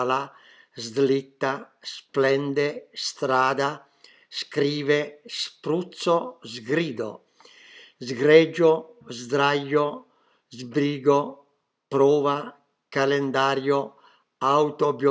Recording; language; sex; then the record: read list of words; Italian; male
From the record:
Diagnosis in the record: healthy control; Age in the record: 77 years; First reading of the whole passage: 68 s, 7.6 characters per second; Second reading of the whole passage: 60 s, 8.3 characters per second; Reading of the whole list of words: 67 s, 4.2 characters per second